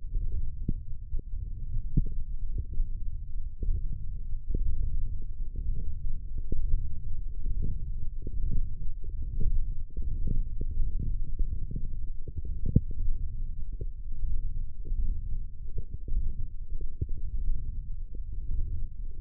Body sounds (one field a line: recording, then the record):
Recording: forearm muscle sounds (acoustic myography)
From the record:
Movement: wrist flexion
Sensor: system 1, eight BSWA MPA416 microphones around the upper forearm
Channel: 6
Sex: male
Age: 21 years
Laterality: right